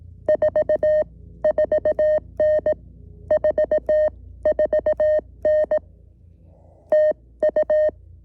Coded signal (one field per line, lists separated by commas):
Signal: Morse code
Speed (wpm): 18 wpm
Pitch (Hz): 610 Hz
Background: none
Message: 44N 44N TU